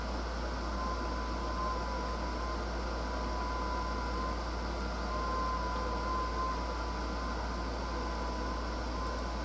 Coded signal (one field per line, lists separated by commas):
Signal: FT8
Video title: Every time I get on 6 meters the California people qrm me